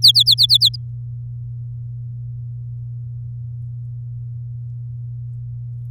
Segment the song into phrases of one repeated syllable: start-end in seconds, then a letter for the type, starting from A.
0.02-0.69 A